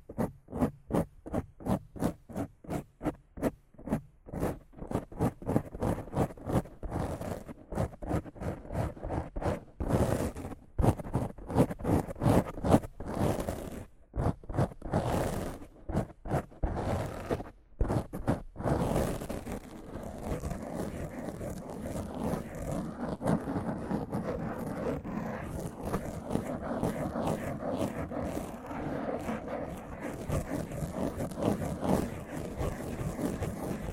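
Rough scratching on a mic in quick, regular strokes that speed up, with sharp pops around ten and fifteen seconds, then a denser steady brushing.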